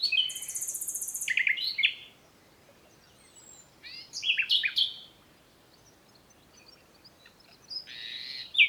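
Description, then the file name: Common nightingale song: a high buzzing rattle, then scattered chirps and whistles in separate bursts with short silent gaps. "Luscinia megarhynchos"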